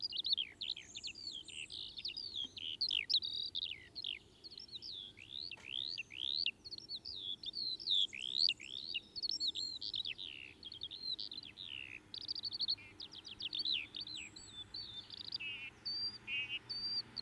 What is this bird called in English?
Eurasian Skylark